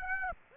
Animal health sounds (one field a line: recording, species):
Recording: mosquito wingbeat signal from an infrared sensor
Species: Aedes aegypti